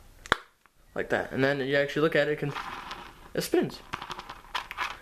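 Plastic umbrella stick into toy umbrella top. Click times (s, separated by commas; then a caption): 0.3 s. A plastic stick from a toy hotdog-stand umbrella is pushed into the upside-down red plastic umbrella top, and it pops in with a sharp click at 0.3 s. Someone then talks, and a few soft clicks and crinkles follow near the end. The stick is seated in the umbrella top.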